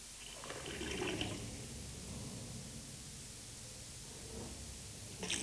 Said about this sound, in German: Das Wasser, das bei Familie Jottke aus dem Hahn läuft, ist höchstwahrscheinlich solches Oberflächenwasser